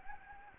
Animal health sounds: mosquito wingbeat signal from an infrared sensor; Anopheles gambiae

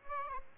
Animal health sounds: mosquito wingbeat signal from an infrared sensor; Aedes aegypti

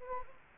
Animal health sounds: mosquito wingbeat signal from an infrared sensor; Anopheles gambiae

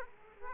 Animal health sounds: mosquito wingbeat signal from an infrared sensor; Aedes aegypti

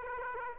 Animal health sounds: mosquito wingbeat signal from an infrared sensor; Aedes aegypti

